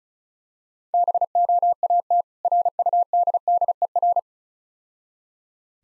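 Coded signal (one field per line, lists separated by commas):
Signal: Morse code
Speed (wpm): 35 wpm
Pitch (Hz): 700 Hz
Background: none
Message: BOAT RUDDER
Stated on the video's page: Morse code copying practice at 35 wpm with contextual hints, difficult words.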